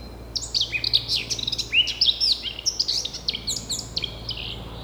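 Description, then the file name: Eurasian blackcap song: a continuous hurried warble of sharp chips, slurred whistles and rising notes, steady throughout, over low background hum. "Sylvia atricapilla"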